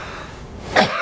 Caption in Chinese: 这是咳嗽的声音，它会有特色。 它在咳嗽和咳痰的时候，它就有一个特点， 往往是御寒加重的。怎么讲？就是风吹来了，比如说他平时都没事呢， 比如吹了空调，甚至有的病人跟我们说，我一开冰箱，哦， 冷风一刺激我，我就会咳嗽，然后我就会咳痰。 病程是一个月左右。 稀稀的，白白的，对，吐出来有泡沫的，。